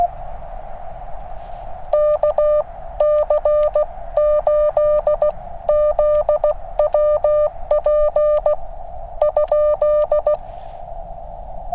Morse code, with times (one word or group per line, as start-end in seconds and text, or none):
1.9-8.5 KC8ZWP
9.2-10.3 ?